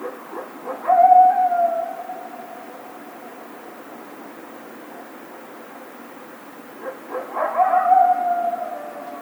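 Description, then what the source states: Coyote giving two drawn-out howls, each preceded by brief yips and fading downward, separated by a quiet gap of several seconds. Several coyotes recorded on 28 March 2010.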